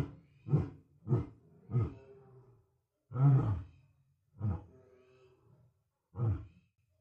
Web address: big cats|lions